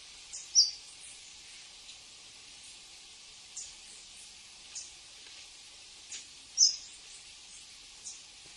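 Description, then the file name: Red-legged honeycreeper giving two loud, high thin chips about six seconds apart, with softer scattered high ticks and steady hiss. "canto do saira beija flor"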